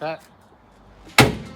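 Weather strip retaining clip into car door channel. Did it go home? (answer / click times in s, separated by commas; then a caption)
yes / 1.2 s. A screwdriver pushes another weather strip retaining clip into the channel groove of a car door on a Holden HQ. Someone talks briefly, then a loud, sharp click at 1.2 s shows the clip seating in the channel.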